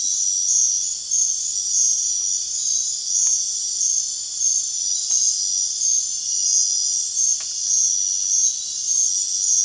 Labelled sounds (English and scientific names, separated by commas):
none